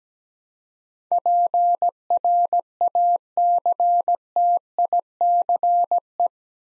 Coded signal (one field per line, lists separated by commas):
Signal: Morse code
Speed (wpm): 17 wpm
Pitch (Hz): 700 Hz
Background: none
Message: PRACTICE